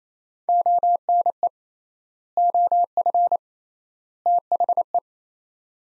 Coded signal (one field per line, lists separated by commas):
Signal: Morse code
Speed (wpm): 28 wpm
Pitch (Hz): 700 Hz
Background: none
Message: ONE OF THE